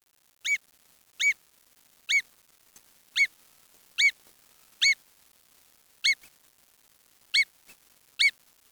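Bird calls: short, nasal, harmonic notes, each a quick sharp burst, repeated roughly once a second against a quiet background.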